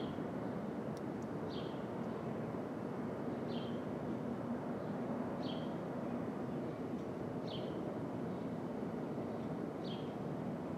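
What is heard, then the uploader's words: Steady, dense traffic rumble on a Brooklyn street at dawn, with a short bright bird chirp repeating about every two seconds above it. Brooklyn Dawn, 4 - 17 - 20, Street Traffic, Open Air.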